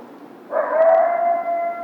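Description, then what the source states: Coyote howl, a sustained tonal note starting abruptly after half a second and holding steady for over a second with faint harmonics above. Howl, recorded on 2 March 2010.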